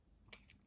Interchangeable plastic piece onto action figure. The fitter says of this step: so you know which one is going on you can hear it kind of Click into place when you have it on